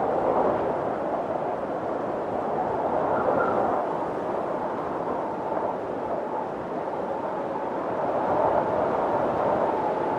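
Soft wind blows through trees during a snowstorm, a steady dense rush centered in the low-middle range with little top end. The level holds nearly constant for the whole stretch, with gentle swells around the third second and again near the eighth.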